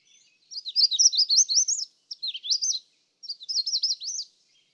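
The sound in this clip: Magnolia warbler song: three short, high, warbled phrases of quick up-and-down slurred notes, separated by brief pauses.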